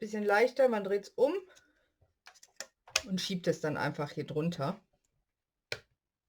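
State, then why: Seated. Someone talks while a thin metal Stampin' Up! craft cutting die is flipped over and slid underneath the other die of the set, with a few faint handling taps around 2.3 to 2.9 seconds. After a pause, a single sharp click at 5.7 seconds marks the die seating into place.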